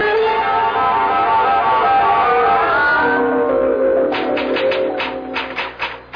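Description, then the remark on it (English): A sustained tonal, music-like sound fades, then a burst of quick, irregular typewriter key strikes clatters over the last couple of seconds as a woman types a letter to the President of the United States. “Oh, I'm typing your letter to the President of the United States and a copy for the Premier of the Soviet and the Prime Minister of China.”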